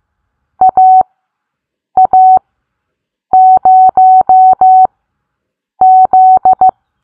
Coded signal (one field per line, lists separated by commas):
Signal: Morse code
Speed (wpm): 15 wpm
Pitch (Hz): 750 Hz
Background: none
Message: AA0Z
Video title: Learn Morse Code Bingo Style! What Callsign Did You Get is now a game! Let’s Play!